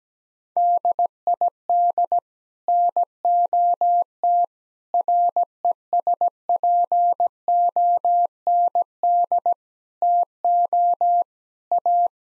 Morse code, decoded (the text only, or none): DID NOT RESPOND TO A